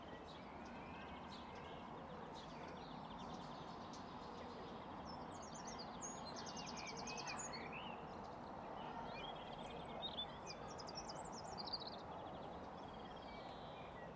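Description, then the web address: Small birds twittering, with short rapid trills and sharp high chips mostly from the middle on, over continuous low traffic noise. City park with distant traffic, recorded as spatial ambisonic (AmbiX) audio. "Sonik Sound Library - Spatial Cities Ambience, City Park, Distant Traffic, Voices, Birds Chirping"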